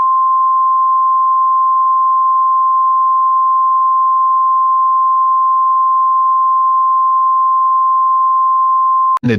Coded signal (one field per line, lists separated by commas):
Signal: Emergency Alert System (SAME) tones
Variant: 1050 Hz attention tone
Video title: EAS Scenario #2: Suicide Ghost